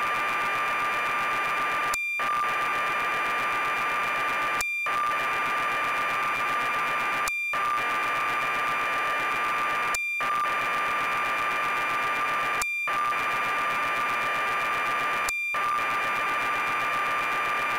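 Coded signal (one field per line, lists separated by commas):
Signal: computer data on cassette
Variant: BBC Micro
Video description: Tape loading sequence of Sabre Wulf by Ultimate Play The Game on the BBC Micro computer. Captured from BeeBEm emulator.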